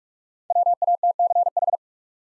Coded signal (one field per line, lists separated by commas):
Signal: Morse code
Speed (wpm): 44 wpm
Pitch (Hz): 700 Hz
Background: none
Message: WATCH